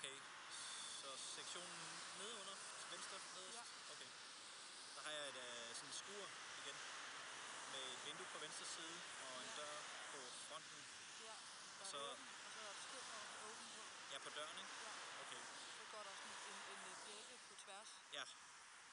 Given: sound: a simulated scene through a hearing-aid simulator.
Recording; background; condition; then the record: conversation; traffic; 0 dB SNR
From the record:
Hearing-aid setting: II (fast-acting compression, audibility-based gain, advanced features for about 2.5 dB of SNR improvement); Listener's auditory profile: C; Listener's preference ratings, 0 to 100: 60, 24, 49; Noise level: 75 dB SPL